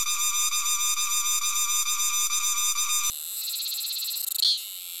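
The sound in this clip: Cicada (Macrogenia quanae): a loud, steady, buzzy drone with rapid pulsing for about three seconds, cut off abruptly by a thinner, higher buzzing with a brief rattling burst.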